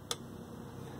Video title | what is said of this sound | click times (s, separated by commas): Service attempt of Sony tc-wr820a dual cassette deck. | i always turn them counter clockwise to seat them until you hear the click | 0.1 s